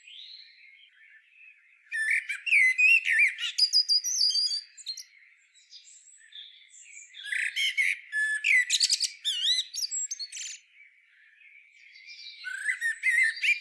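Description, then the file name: Common blackbird: faint warbling at first, then loud squeaky phrases with high twitters, broken by quiet patches, and more energetic song at the end. "Turdus merula"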